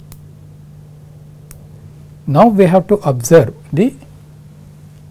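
The ratchet stop on a micrometer's metal thimble is turned after the thimble has closed the spindle onto the anvil, until the ratchet slips with two sharp, faint clicks at 0.1 s and 1.5 s over a steady low hum. Someone then talks from about 2.3 s to 3.9 s.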